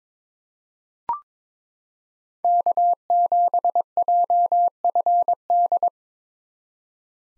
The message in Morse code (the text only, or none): K7JFD